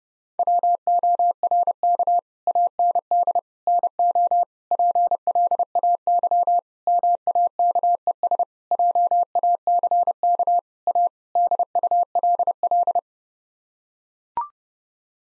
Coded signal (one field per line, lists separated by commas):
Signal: Morse code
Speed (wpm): 30 wpm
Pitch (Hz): 700 Hz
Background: none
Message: WORK AND NO PLAY MAKES JACK A DULL